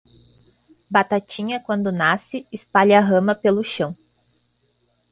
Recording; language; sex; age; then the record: short text; Brazilian Portuguese; female; 20 to 29 years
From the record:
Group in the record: control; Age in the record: 23 years